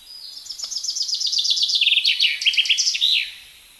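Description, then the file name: Common chaffinch delivering one full song: a cheerful trill of quick notes falling in steps, breaking into louder separated notes and ending in a short emphatic flourish. "Fringilla coelebs"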